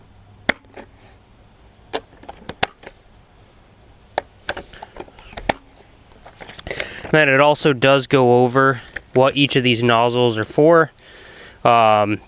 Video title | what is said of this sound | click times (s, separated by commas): The BEST Affordable Pressure Washer in 2026? | These just click right in. | 0.5 s, 2.6 s, 4.2 s, 5.5 s